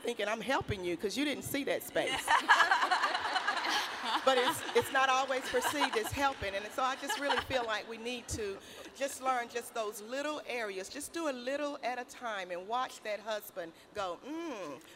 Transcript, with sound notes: I’m thinking, “I’m helping you because you didn’t see that space.” (laughter) But it’s not always perceived as helping. I just feel like we really need to learn just those little areas—just do a little at a time, and watch that husband go, “Um.